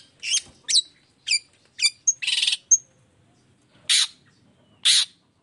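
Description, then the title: Long-tailed shrike song mixing sharp chirps and whistled notes with a rapid buzzy rattle, then two loud harsh rasps. Chatty (gacor) cendet calling loudly in the morning with the 'toet toet' variation; clear voice, full variation, easy for any cendet to imitate. "Cendet Gacor Dor Di Kala Pagi Toet Toet Variasi Suara"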